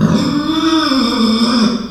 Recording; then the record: squeal of a Yucatan mini pig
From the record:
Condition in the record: after surgery on the right vocal fold (resection and tissue-engineered implant); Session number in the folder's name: 14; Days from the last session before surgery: 133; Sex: female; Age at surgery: 19 weeks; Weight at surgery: 25 kg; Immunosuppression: prednisolone